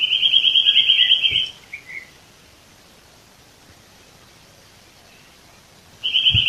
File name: Sitta europaea